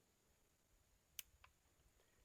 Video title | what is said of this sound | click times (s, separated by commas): THE BEST MUZZLELOADER FOR HUNTING? - TRADITIONS NITROFIRE DEMO | that small little click and it's even when you are in the moment it's even | 1.2 s